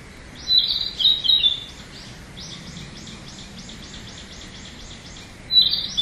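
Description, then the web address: Narcissus flycatcher song: a brief burst of bright whistled notes, then a long even train of soft repeated notes, ending with another sharp whistled phrase; light steady background noise. "udragon kibitaki"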